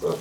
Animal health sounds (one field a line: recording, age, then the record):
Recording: pig call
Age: piglet (1 to 25 days)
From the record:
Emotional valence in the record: positive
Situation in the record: huddling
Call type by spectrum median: low-frequency call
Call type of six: low-frequency tonal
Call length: 0.21 s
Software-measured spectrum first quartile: 405 Hz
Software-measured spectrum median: 513 Hz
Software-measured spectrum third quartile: 1233 Hz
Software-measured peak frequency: 438 Hz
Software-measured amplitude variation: 169 dB a second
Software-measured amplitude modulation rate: 16.9 a second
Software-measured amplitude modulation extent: 10.0 dB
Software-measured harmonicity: 6.2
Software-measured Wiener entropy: -1.31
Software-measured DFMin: 578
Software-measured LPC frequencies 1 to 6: 459, 1145, 2107, 3307, 4796, 5908 Hz